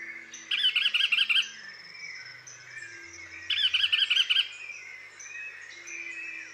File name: kakadu inka cacatua leadbeateri rucnye ptency iz pitomnika